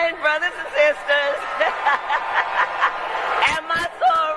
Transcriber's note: laughing